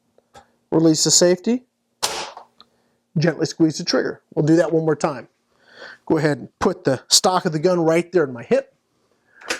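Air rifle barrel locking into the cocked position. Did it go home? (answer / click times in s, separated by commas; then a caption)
yes / 9.5 s. Someone talks while handling a Umarex Fuel .177 break-barrel air rifle, with a sharp burst heard around 2.0 s between the talk. Near the end, the barrel is pulled down in one smooth motion until the cocking linkage locks into the open, cocked position with a click at 9.5 s.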